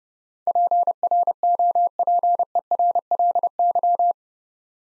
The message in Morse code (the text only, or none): PROPERLY